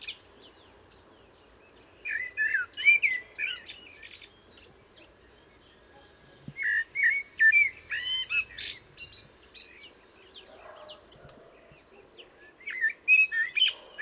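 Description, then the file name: Common blackbird song in three short bursts of mellow fluting phrases mixed with high squeaky twitters, the first two each followed by a few seconds of quiet. "Turdus merula"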